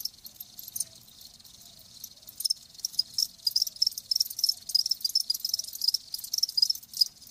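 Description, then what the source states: Crickets chirping, starting sparse and building into a dense, pulsing high-pitched chorus. Live crickets chirping.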